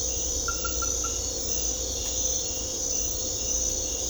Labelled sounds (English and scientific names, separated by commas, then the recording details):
none
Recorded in secondary vegetation near Puerto Asís, Putumayo, Colombia, on 16 December 2024 at 23:00
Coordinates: 0.500, -76.326
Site G065